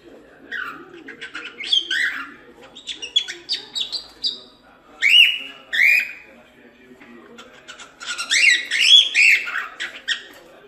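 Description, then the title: Cockatiels whistling: bright rising and falling whistled phrases in bursts, with softer chattering and squeaky notes underneath. Several cockatiels, whistling. "Calopsitas Cantando Assobio"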